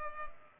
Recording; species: mosquito wingbeat signal from an infrared sensor; Culex pipiens